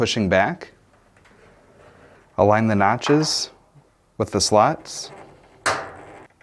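A Fisher & Paykel dryer's sheet-metal front cover is being handled, with its notches aligned to the slots so its side can be pushed back into the cabinet until it locks. Someone talks over faint handling noise, with a few small ticks near the end. Nothing has seated or clicked yet.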